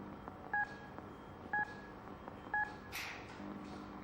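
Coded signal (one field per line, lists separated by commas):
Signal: speaking clock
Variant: Telecom Australia speaking clock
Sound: three short, clear beeps one second apart, then a brief rushing noise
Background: faint room hum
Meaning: The third stroke marks the exact announced time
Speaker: at the third stroke it will be 1128 and 40 [Music] seconds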